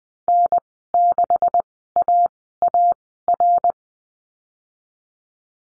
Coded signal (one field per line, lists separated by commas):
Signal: Morse code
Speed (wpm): 20 wpm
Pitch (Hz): 700 Hz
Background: none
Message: N6AAR